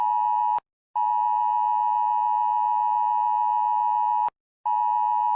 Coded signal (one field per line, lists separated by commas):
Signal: Emergency Alert System (SAME) tones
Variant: 853 and 960 Hz attention tone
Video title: Rating EAS Alarms With Facial Expressions | [excuse the description please and thank you]